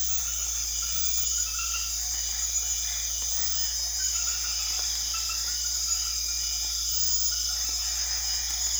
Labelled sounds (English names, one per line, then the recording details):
none
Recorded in secondary vegetation near Puerto Asís, Putumayo, Colombia, on 4 March 2025 at 23:00
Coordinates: 0.500, -76.326
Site GP04